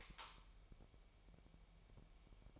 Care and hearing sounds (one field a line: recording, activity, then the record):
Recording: daily activity, microphone in the room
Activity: light off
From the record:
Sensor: 1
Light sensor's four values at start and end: 15/48/19/20 and 5/11/4/5